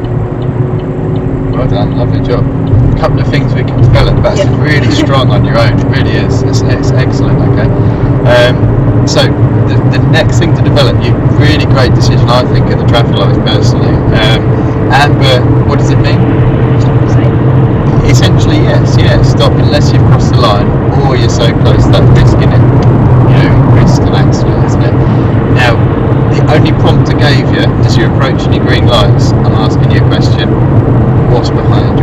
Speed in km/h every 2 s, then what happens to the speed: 76, 77, 79, 82, 84, 87, 89, 90, 92, 92, 92, 92, 92, 92, 90, 90.
0-16 speeds up to 92. 16-32 steady at about 92.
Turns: none.